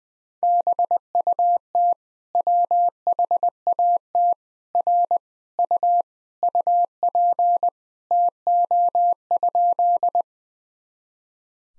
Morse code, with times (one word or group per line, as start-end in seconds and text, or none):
0.4-1.9 BUT
2.4-4.3 WHAT
4.8-5.2 R
5.6-6.0 U
6.4-7.7 UP
8.1-10.2 TO?